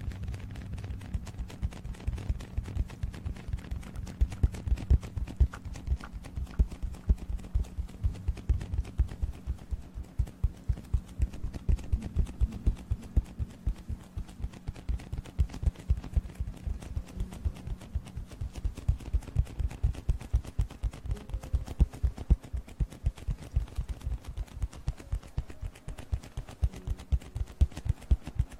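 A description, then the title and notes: Eating sugar and an aloe vera gel ear massage make a dense, rapid stream of small crunchy, sticky clicks and taps that runs the full length without pause. A low steady hum sits underneath for the first two-thirds, then fades. Eating sugar, aloe vera gel ear massage.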